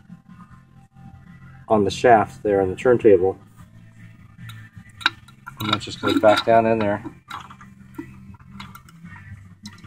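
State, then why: Not seated. A notched plastic part for the turntable of a Quasar CS7400 stereo system is lined up with the notch on the turntable shaft and handled to be pushed back down onto it. Someone talks while small taps and handling knocks are heard. The part has not seated or snapped into place yet.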